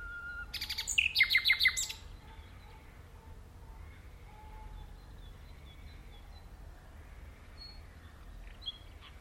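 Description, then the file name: Common nightingale song: one brief burst of rapid chirping notes near the start, then quiet with a few faint notes. "Luscinia megarhynchos"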